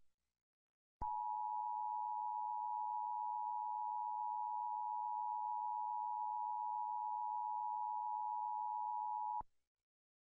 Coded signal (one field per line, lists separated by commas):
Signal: Emergency Alert System (SAME) tones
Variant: 853 and 960 Hz attention tone